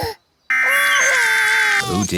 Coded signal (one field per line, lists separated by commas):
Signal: Emergency Alert System (SAME) tones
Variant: header bursts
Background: speech